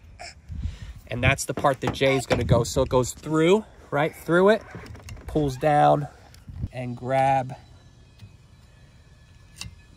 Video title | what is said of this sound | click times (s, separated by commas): Parrati OEM Quality Windshield Wiper Blades - Installation **SAME AS EMITHSUN WIPER BLADES** | pulls down snaps into place that snaps into place and you're done | 9.6 s